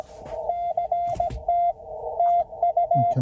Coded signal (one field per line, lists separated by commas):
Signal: Morse code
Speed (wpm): 19 wpm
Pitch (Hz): 690 Hz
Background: radio noise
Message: CT TU